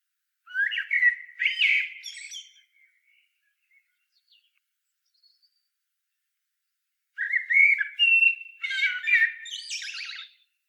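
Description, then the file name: Common blackbird singing two phrases, each a low fluted whistle breaking into a high, scratchy twittering flourish, separated by a long quiet gap. "Turdus merula"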